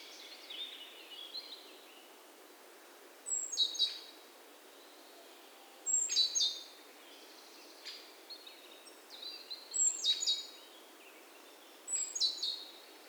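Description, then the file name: Great tit repeating brief clusters of high, piercing notes every few seconds, with soft hiss between. "Parus major"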